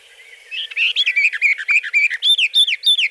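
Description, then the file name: Western Orphean warbler song: a rhythmic series of repeated rich, slurred warbled phrases, about four per second. "Fauvette orphee"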